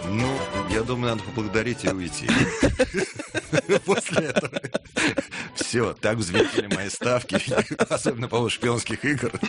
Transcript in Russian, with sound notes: Ну, я думаю, надо поблагодарить и уйти. (смеются) …после этого. Все, так взвинтили мои ставки, особенно по поводу «Шпионских игр»…